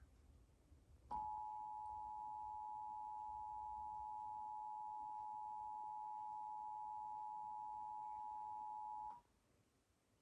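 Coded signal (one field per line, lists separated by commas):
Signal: Emergency Alert System (SAME) tones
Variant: 853 and 960 Hz attention tone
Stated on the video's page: Pennsylvania required monthly test as aired by a cable provider and two broadcast television networks.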